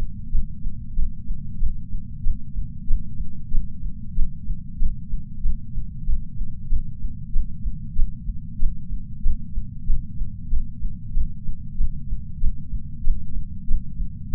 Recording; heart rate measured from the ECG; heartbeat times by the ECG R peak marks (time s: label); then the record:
heart sounds by patch sensor on the chest; 94 bpm
0.28 s: heartbeat
0.92 s: heartbeat
1.56 s: heartbeat
2.20 s: heartbeat
2.84 s: heartbeat
3.48 s: heartbeat
4.12 s: heartbeat
4.76 s: heartbeat
5.39 s: heartbeat
6.03 s: heartbeat
6.66 s: heartbeat
7.30 s: heartbeat
7.93 s: heartbeat
8.56 s: heartbeat
9.20 s: heartbeat
9.83 s: heartbeat
10.47 s: heartbeat
11.11 s: heartbeat
11.74 s: heartbeat
12.37 s: heartbeat
13.01 s: heartbeat
13.64 s: heartbeat
14.28 s: heartbeat
From the record:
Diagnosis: coronary artery disease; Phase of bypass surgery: preoperative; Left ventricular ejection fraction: 60.9%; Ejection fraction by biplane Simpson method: 52.5%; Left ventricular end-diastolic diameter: 49 mm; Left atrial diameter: 38 mm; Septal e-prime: 4.5 cm/s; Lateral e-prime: 5.9 cm/s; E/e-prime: 13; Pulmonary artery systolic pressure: 21 mmHg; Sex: female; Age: 74 years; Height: 160 cm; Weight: 64 kg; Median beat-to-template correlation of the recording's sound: 0.92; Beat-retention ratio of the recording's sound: 0.97